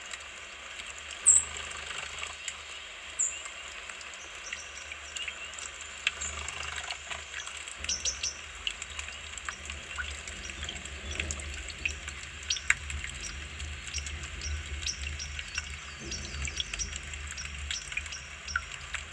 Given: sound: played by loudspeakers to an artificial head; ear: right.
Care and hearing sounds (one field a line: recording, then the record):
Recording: nature sounds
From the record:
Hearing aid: class 2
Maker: E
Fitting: closed earmoulds, the maker's default for a moderate loss (N3)